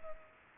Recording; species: mosquito wingbeat signal from an infrared sensor; Culex pipiens